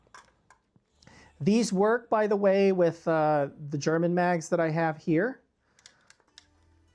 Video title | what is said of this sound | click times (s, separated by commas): AP53 Review and Breakdown (HK53 clone) | and then once it's seated like that and you can't go any further, you just rock it back like that and you should hear a click. | 0.2 s